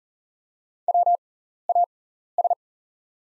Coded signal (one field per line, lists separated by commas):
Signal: Morse code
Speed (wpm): 40 wpm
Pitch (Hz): 700 Hz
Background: none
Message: WAS